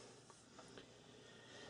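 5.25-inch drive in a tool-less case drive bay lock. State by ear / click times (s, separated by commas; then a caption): seated / 0.8 s. A 5.25-inch drive is slid into the bay of a Thermaltake Armor Revo Gene mid-tower case and moved slightly until the tool-less plastic lock engages. Faint shuffling and rubbing give way to one short click at 0.8 s as the lock seats the drive in place.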